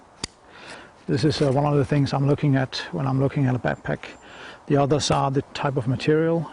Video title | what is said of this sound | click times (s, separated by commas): Wisport Ranger - English Version | duroflex type buckles so uh they have this really nice click sound that I really love | 0.2 s